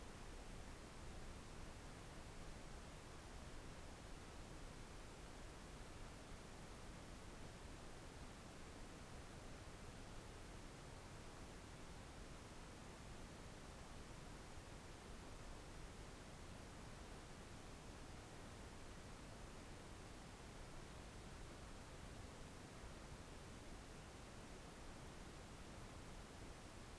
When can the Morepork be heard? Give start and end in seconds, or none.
none